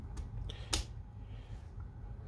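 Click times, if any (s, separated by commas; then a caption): 0.7 s. A single shot pellet loader from Maple Custom Products is pushed into the receiver of a Kral air rifle, where a small flexible tab holds it in place. A few faint ticks come at about 0.2 s and 0.5 s, then a sharp, bright click at 0.7 s, with a soft tick at 1.8 s. The loader is seated in the receiver.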